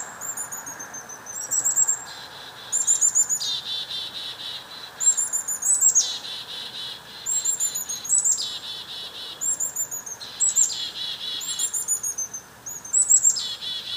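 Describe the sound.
Chickadees giving mobbing calls: high chick notes, each burst running into extended buzzy dee-dee-dee strings, repeated steadily throughout.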